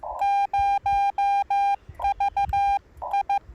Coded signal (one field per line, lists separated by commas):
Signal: Morse code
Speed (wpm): 15 wpm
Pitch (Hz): 800 Hz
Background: none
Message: 0VI